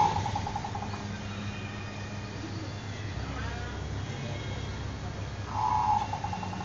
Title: Suara Perkutut V 3